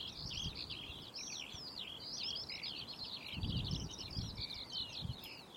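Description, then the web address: Eurasian skylark singing an unbroken, fast tumble of high twittering and buzzy warbled phrases, with gusts of low wind noise underneath. "linnut kiuru"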